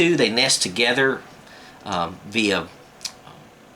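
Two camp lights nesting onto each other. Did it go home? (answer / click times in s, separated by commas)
yes / 3.1 s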